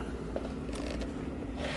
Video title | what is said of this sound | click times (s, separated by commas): Review Bissell PowerFresh Lift-Off Pet Steam Mop, Steamer, Tile, Bathroom, Hard Wood Floor Cleaner, | So to use that scrubby brush feature, all you're going to do is push it down with your foot until it clicks, and then you can | 0.4 s